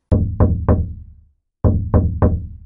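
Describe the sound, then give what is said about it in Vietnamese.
Two bursts of three firm knocks on an apartment door, separated by a short pause. Each knock is a loud, solid, low thud that rings out briefly. No voices are heard and no one answers. “Gõ cửa nửa ngày trời, không ai trả lời.”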